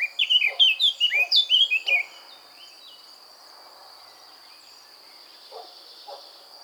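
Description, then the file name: Eurasian blackcap song: a quick, rich warbling phrase of clear varied notes for about two seconds, then quiet low notes and a steady high insect-like hum. "Sylvia atricapilla"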